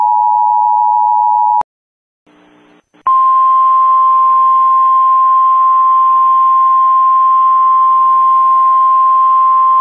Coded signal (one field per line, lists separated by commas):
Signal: Emergency Alert System (SAME) tones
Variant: 853 and 960 Hz attention tone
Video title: EAS Dangerous Virus Warning